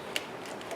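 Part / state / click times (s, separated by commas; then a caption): electrical plug into blower motor / seated / 0.2 s. An electrical plug is pushed into the side of a car blower motor, a redesigned unit with a separate plug, and gives one sharp, bright click at 0.2 seconds against a quiet background. The connector locks in place and is fully seated.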